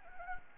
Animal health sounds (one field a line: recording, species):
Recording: mosquito wingbeat signal from an infrared sensor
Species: Anopheles arabiensis